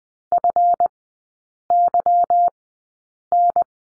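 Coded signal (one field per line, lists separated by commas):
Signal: Morse code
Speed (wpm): 20 wpm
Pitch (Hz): 700 Hz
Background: none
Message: FYN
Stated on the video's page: Morse code course lesson on the letter G, three-character groups, sent at Farnsworth speed 20/10 wpm.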